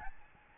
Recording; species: mosquito wingbeat signal from an infrared sensor; Aedes albopictus